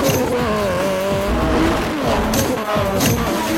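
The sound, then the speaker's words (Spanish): A car engine roars at speed, its pitch sweeping up and down through repeated revs, with tires briefly squealing over a steady, loud mechanical drone. “¡Este auto es el futuro! ¡Un futuro más limpio para la humanidad!”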